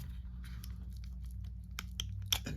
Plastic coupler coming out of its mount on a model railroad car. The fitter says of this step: cool it's a little click thing there nothing exciting